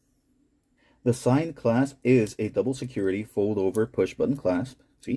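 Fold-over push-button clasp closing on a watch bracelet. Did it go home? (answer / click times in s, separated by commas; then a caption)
no / none. A double-locking fold-over push-button clasp on a steel watch bracelet is handled while someone talks. No click is heard, and the clasp has not snapped shut or seated yet.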